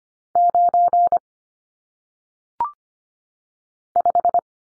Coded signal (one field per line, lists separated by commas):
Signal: Morse code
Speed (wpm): 25 wpm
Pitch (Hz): 700 Hz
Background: none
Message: 9 5